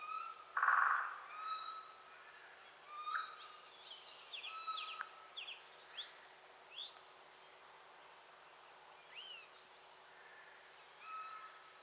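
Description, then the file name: Eurasian jay giving a single loud, harsh rasping screech early on, followed by scattered thin whistles and slurred notes from other birds over a steady background hiss. "Garrulus glandarius"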